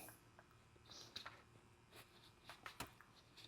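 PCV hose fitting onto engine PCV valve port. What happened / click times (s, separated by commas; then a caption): The hose fitting is being worked onto its port but has not seated yet / none. A PCV breather hose end fitting on a Land Rover LR3 is wiggled onto the PCV valve port on the engine. The fitting rubs and scrapes in soft bursts, with sharp ticks near 1.2, 1.3, 2.5, 2.7 and 2.8 seconds. Nothing has snapped into place or seated yet.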